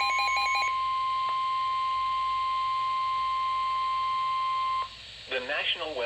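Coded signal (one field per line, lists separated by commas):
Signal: Emergency Alert System (SAME) tones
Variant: 1050 Hz attention tone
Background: speech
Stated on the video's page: Series of Severe Thunderstorm Warning SAME alerts.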